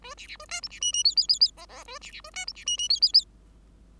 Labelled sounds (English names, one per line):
Bengalese Finch song